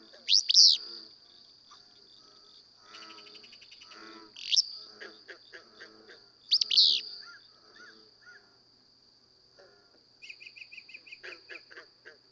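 Willow flycatcher song, a sharp sneezy two-part burst repeated three times a few seconds apart, over a steady high insect drone and assorted softer bird chatter.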